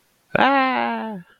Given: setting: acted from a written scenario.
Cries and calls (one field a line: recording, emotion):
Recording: vocal sound without words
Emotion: triumph